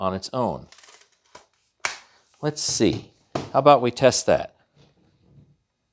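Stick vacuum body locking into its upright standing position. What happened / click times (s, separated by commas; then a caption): The vacuum body is being handled and has not yet locked upright / none. A VacLife VL732 stick vacuum is handled and set upright to test whether its body will lock into its self-standing position. Someone talks throughout, with a few brief handling knocks around 1.3 to 1.9 seconds. Nothing has clicked or seated yet when the clip ends.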